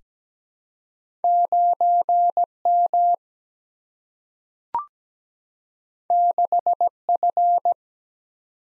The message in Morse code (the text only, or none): 9M 6F